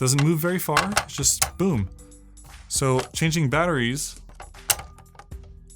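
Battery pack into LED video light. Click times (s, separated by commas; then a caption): 4.7 s. Someone talks while a battery pack is slid into the battery slot of a Falcon Eyes SO-28TD LED video light. It latches with one sharp click at 4.7 s, followed by a few faint handling taps, and the battery is seated.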